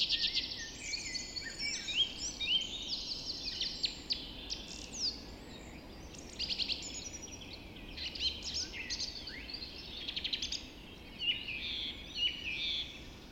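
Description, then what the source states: Birds in full chorus, constant overlapping songs of trills, buzzy phrases and whistled notes with no gaps across the whole stretch. Dawn chorus recorded just after dawn in the Forest of Dean.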